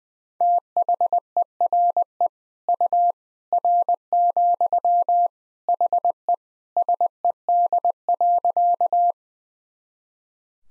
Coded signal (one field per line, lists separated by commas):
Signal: Morse code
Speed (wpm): 20 wpm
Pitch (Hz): 700 Hz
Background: none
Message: THERE U R, HE SED.